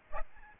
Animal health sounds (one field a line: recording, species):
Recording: mosquito wingbeat signal from an infrared sensor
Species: Aedes albopictus